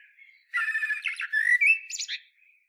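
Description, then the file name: Common blackbird song phrase: a soft lead-in, then a loud fluting warble that rises into thin squeaky notes before fading. "Turdus merula"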